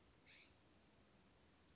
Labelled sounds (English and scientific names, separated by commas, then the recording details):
California Scrub-Jay (Aphelocoma californica)
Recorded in Sonoma County, California